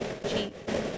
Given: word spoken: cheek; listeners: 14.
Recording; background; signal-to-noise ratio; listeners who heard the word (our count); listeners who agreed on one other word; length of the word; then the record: one English word in noise, from a listening test; noise modulated by three-talker babble; -5.7 dB; 0 of 14; 10 of 14; 0.58 s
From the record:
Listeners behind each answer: 10, 3, 1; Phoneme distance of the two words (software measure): 10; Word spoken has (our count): 1 syllable, 3 phonemes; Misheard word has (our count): 1 syllable, 3 phonemes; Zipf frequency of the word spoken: 3.93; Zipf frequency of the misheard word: 4.65